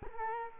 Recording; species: mosquito wingbeat signal from an infrared sensor; Culex quinquefasciatus